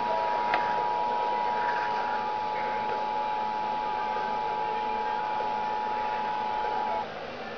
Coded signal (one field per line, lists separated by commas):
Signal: Emergency Alert System (SAME) tones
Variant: 853 and 960 Hz attention tone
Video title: National Emergency Alert System (EAS) Test at 2:00 PM Eastern on November 9, 2011